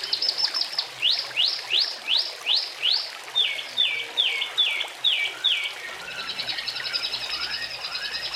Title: Kicau Kacer